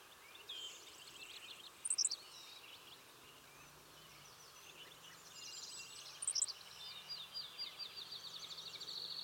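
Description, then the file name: Savannah sparrow calls, two sharp, very high notes about four seconds apart, with faint buzzy trills and a steady insect-like buzz over a background hiss. "Passerculus sandwichensis - Savannah Sparrow"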